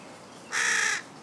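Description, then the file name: Carrion crow producing a single harsh, drawn-out caw lasting about half a second against a quiet background. "Corvus corone"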